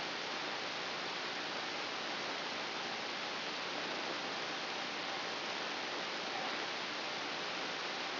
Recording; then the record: brain microelectrode recording played as sound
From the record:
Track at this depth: outside the subthalamic nucleus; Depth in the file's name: 7.926 mm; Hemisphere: right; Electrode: 2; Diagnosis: Parkinson's disease